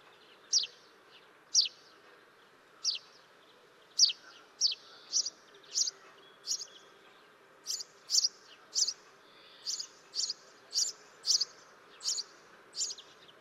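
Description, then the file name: House sparrow calls, short sharp chirps repeated about once or twice a second, some doubled in quick pairs, over a faint steady background hum. "House Sparrow - Passer domesticus"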